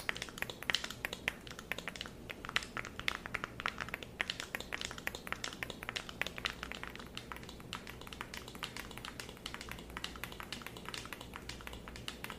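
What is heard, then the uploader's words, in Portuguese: ASMR tapping, with dense, rapid fingertip taps running nonstop for the whole twelve seconds. The clicks are crisp and bright, coming in quick irregular bursts much like typing on a keyboard, over a low steady hum underneath. ASMR com muito tapping.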